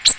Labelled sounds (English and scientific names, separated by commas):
Blue-winged Warbler (Vermivora cyanoptera) flight call